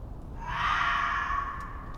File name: Fox Screaming In Winter Forest In The Night